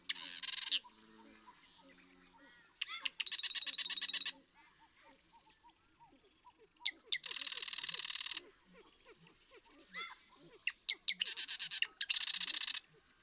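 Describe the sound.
Marsh Wren repeating four rattling, buzzy trills, most introduced by clicking notes, spaced a few seconds apart.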